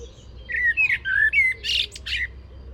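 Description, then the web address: Common blackbird singing a short phrase of low fluted, slurred whistles followed by a squeaky, scratchy high twitter at the end. "SETE data Turdus merula"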